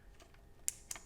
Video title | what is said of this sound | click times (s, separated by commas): Browning Defender Wireless/Cellular Trail Camera Unboxing & Setup - Part 1 | just slide that right in there you'll hear it click | 0.7 s